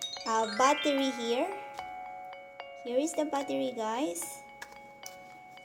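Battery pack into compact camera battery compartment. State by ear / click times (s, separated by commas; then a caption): seated / 5.1 s. Someone talks while a battery pack is pushed into the battery compartment of a Sony ZV-1 compact camera, with faint steady tones and small handling knocks around 1.8, 2.6 and 4.6 seconds. A sharp click at 5.1 seconds marks the battery latching in place, showing it is seated correctly.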